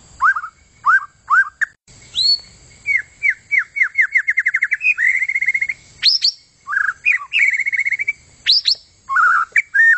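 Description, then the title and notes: White-rumped shama song: rich whistled slurs, then a fast run of repeated rising notes and bright sweeping phrases, loud and varied throughout. Long, continuous song. "kicau murai batu panjang. suara kicau burung"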